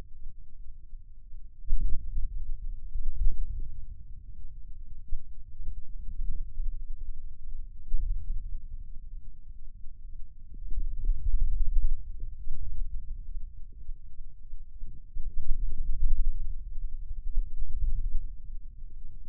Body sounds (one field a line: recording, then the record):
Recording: forearm muscle sounds (acoustic myography)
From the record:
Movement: hand closing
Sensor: system 2, bracelet of six BSWA MPA416 microphones around the upper forearm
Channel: 1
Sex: male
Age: 22 years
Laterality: right